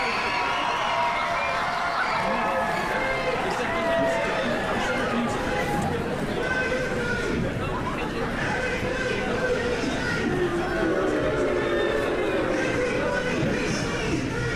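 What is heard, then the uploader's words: Crowds of families, tourists and shoppers talk all at once through the whole stretch, a dense, steady babble of many overlapping voices. Nearer voices rise briefly out of the mix, and the loudness holds level throughout, with no pauses or sudden events. Covent Garden at Christmas | London. A vibrant binaural walk through Covent Garden at Christmas. Hear the crowds of families gathering to enjoy the festive lights and street performers. Sounds of tourists and shoppers.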